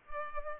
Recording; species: mosquito wingbeat signal from an infrared sensor; Culex pipiens